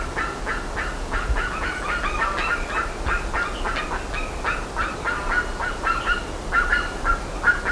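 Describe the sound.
Birds giving rapid, overlapping short honking calls, a dense chorus of repeated notes with occasional higher squeaky notes, over a steady low rumble.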